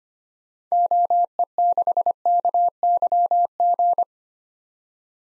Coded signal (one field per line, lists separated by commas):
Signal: Morse code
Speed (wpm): 25 wpm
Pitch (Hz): 700 Hz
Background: none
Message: OE6KYG